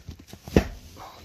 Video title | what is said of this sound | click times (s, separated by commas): DEMONTAŻ SIEDZISKA TYLNEJ KANAPY MERCEDES W212 BOTTOM PART REAR SEAT REMOVAL | kliknęło i teraz jest to włożone dopiero prawidłowo to | 0.6 s